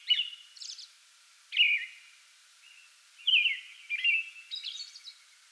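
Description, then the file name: American robin giving a few spaced whistled phrases with silences between them and a high squeaky note near the end. Singing before dawn from a small tree in a front yard, 8 May 2022. "2022-05-08 American Robin pre-dawn singing from small tree in front yard"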